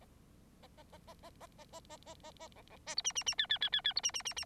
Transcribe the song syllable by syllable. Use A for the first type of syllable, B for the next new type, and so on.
A A A A A A A A A A A A B B C D E E E F F F F F D E E E E